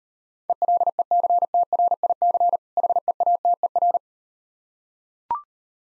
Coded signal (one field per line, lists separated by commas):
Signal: Morse code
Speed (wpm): 38 wpm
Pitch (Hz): 700 Hz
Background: none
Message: ELECTRIC HEATER